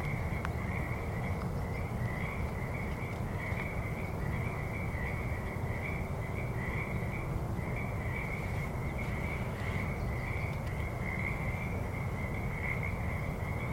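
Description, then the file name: Frog calls of rapid, evenly pulsed notes running continuously, over heavy low rumble. "Frogs at Maplewood"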